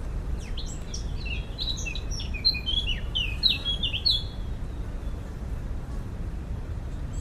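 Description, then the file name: Eurasian blackcap giving a rapid warbled phrase that rises into bright fluting whistles, then falls quiet under a low background hum. "Sylvia atricapilla"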